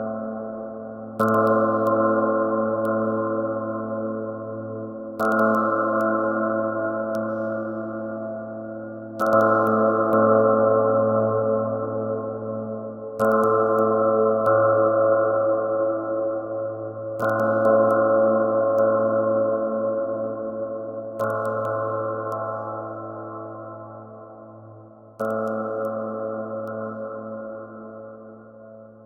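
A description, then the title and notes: A single deep bell is struck over and over, about every four seconds, each stroke ringing with a rich low hum and bright metallic overtones. Every strike fades slowly before the next one lands, so the tone never fully dies away. Using a Modal Filter to create one Christmas Bell. Roland Kuit - Kyma. ONE XMAS BELL.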